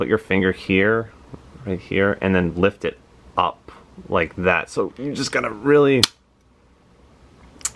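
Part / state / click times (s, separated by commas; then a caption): underwater housing latch on an action camera / seated / 7.6 s. Someone talks while handling the plastic underwater housing of a Campark X25 action camera, then pushes its latch closed. A single sharp click at 7.6 s marks the housing snapping into place and seating.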